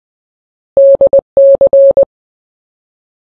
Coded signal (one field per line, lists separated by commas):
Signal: Morse code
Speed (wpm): 20 wpm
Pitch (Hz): 550 Hz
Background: none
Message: DC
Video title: Gaming Chat Terms In Morse Code Part 1